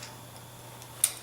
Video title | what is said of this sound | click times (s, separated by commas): LiftRider Features Demonstration | Quick Connect for the hose just snaps right into place like so | 1.0 s